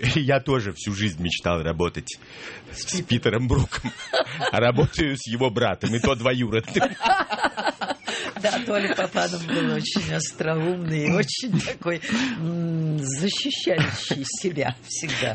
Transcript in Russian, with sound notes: «Я тоже всю жизнь мечтал работать с Питером Бруком, а работаю с его братом, и то двоюродным». (все смеются)
Да. Толя Папанов был очень остроумный, очень такой, защищающий себя всегда.